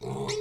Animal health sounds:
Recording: pig call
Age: weaner (32 to 43 days)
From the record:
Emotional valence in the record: negative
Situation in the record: short isolation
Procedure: open field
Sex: female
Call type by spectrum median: low-frequency call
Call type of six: mixed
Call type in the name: high-frequency modulated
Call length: 0.42 s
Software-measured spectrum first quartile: 350 Hz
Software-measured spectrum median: 811 Hz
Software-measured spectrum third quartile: 3545 Hz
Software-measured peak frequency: 417 Hz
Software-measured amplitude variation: 133 dB a second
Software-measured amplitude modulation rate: 19.2 a second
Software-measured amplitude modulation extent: 6.9 dB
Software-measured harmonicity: 3.5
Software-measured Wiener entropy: -3.77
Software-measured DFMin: 825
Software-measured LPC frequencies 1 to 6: 427, 963, 2122, 2735, 3660, 4205 Hz

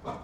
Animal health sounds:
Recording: pig call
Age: growing-finishing pig (85 days or more)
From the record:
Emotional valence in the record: positive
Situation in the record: run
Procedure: transit

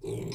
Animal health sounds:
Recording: pig call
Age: weaner (32 to 43 days)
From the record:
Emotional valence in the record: negative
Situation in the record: short isolation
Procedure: open field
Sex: female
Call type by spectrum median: low-frequency call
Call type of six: mixed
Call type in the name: high-frequency modulated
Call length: 0.34 s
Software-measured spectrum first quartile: 238 Hz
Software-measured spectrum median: 427 Hz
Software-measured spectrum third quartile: 1844 Hz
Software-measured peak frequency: 396 Hz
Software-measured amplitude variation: 140 dB a second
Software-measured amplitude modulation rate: 18.9 a second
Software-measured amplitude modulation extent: 7.4 dB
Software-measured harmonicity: 4.3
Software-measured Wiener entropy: -3.89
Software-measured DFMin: 1220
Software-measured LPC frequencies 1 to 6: 380, 2281, 4003, 5091, 6031, 7586 Hz

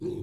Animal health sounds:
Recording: pig call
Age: weaner (32 to 43 days)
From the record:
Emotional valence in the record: positive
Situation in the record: positive conditioning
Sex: female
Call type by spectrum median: low-frequency call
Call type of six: low-frequency stable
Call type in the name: low-frequency stable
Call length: 0.23 s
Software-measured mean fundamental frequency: 42 Hz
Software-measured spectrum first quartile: 182 Hz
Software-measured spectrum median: 316 Hz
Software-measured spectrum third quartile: 375 Hz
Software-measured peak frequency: 350 Hz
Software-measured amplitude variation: 157 dB a second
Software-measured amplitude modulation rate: 17.6 a second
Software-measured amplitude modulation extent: 8.9 dB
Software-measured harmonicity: 6.8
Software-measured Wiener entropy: -0.33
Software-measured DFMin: 731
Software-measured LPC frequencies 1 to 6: 351, 2482, 3770, 5667, 6124, 7044 Hz

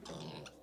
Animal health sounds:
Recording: pig call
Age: piglet (1 to 25 days)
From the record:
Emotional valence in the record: negative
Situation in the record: castration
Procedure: castration, shear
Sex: male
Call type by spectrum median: low-frequency call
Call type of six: mixed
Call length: 0.63 s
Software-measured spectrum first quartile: 341 Hz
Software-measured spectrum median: 960 Hz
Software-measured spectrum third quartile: 3603 Hz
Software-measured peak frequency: 162 Hz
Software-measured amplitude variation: 117 dB a second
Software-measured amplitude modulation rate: 27.0 a second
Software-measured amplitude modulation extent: 4.3 dB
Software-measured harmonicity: 1.4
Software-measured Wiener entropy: -2.29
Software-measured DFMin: 1214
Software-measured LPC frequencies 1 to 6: 513, 2731, 3526, 4051, 5080, 5916 Hz

